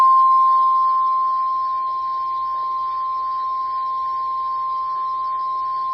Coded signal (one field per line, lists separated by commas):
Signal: Emergency Alert System (SAME) tones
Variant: 1050 Hz attention tone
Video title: Severe Thunderstorm Warning (TX and OK) (8/25/24) [EAS #18]